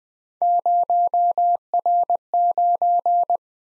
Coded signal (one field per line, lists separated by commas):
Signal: Morse code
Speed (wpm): 20 wpm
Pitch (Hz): 700 Hz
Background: none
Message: 0R9